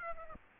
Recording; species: mosquito wingbeat signal from an infrared sensor; Aedes aegypti